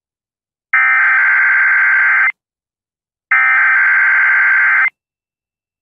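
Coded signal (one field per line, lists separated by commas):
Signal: Emergency Alert System (SAME) tones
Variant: header bursts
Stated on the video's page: Weekly EAS test on a radio station.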